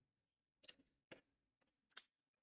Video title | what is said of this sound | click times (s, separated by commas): Starting my Bumblebee Lego Build! | Oh, I did hear the snap. | 1.1 s, 2.0 s